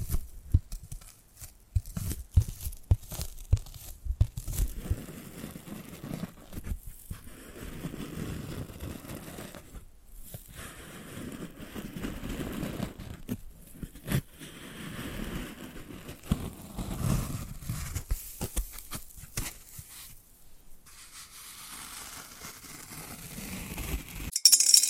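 Tapping and scratching sounds run throughout, with sharp taps clustered in the first few seconds and scattered later. Softer, rougher scratching and crinkling fills the middle stretches in low-pitched swells, broken by brief silences near 10 and 14 seconds, ending with a louder burst.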